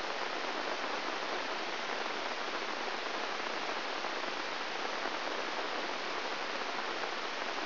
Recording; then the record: brain microelectrode recording played as sound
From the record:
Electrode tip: inside the subthalamic nucleus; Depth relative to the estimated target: 3 mm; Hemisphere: right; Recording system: AlphaMap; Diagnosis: Parkinson's disease